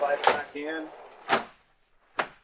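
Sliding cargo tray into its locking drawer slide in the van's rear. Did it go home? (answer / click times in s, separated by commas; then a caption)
yes / 2.2 s. Someone talks while the rear slide-out cargo tray in a van is pushed back in along its locking drawer slides, with a broadband sliding thump around 1.3 s. A single sharp hit at 2.2 s marks the tray latching, and it locks closed in place.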